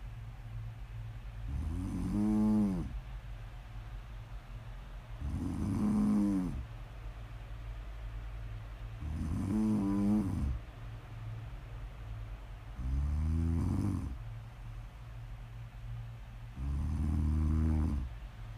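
Five loud, low, buzzing snores from an adult sleeper at about 16 per minute, with quiet exhales between them; ordinary sleep snoring, offered as ASMR for relaxing or falling asleep to.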